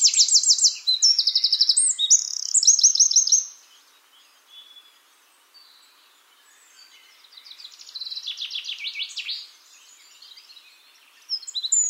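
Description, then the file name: Eurasian wren song: loud, very high rapid trills and buzzy rattles in fast bursts, a burst at the start, a quieter trilled stretch near eight seconds, another starting at the end. "Troglodytes troglodytes"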